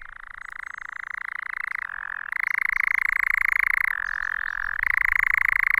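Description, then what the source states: European nightjar churring, a continuous rapid mechanical trill that shifts a few times between a lower and a slightly higher pitch, with no breaks. Nightjar churring on its perch at Cannock Chase.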